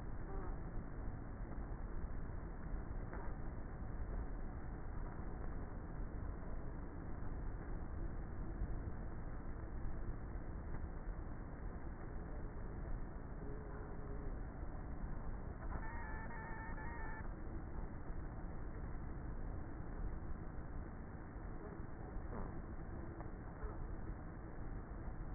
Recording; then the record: honeybee colony, microphone inside the hive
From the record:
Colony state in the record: queenless with a low population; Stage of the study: before two queens were removed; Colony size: about 30,000 bees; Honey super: no